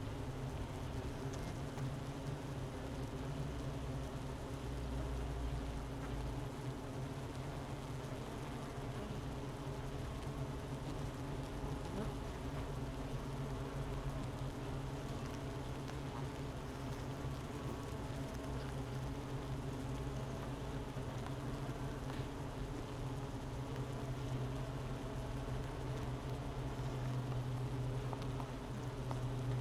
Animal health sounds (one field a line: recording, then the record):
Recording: honeybee colony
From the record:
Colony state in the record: missing queen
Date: 31 May 2018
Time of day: 10:47